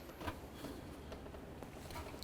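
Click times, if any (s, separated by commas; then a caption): none. A center plastic push clip is handled and pressed toward the bumper cover and body on a 2004-2006 Scion xB front bumper, to hold the cover in place. Low rustling handling noise is heard, with brief sharp ticks at about 1.6 s and 2.2 s. Nothing has seated or clicked yet; the clip is not yet home.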